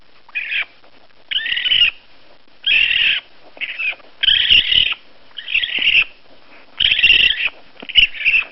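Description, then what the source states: Raccoon calls: harsh, raspy chittering bursts, each about half a second long, repeated irregularly with short pauses between them. Baby raccoon.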